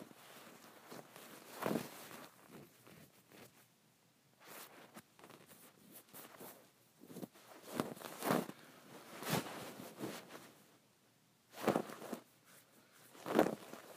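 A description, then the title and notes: Scratching on a bumpy, textured pillow, heard as a string of rough, brushy strokes. The strokes come in uneven bursts, with the loudest around two, eight to nine, twelve and thirteen seconds. ASMR Scratching my Bumpy and Textured Pillow.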